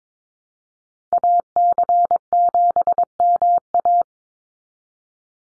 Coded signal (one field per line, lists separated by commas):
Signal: Morse code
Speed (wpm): 22 wpm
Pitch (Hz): 700 Hz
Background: none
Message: AC7MA